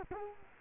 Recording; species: mosquito wingbeat signal from an infrared sensor; Culex quinquefasciatus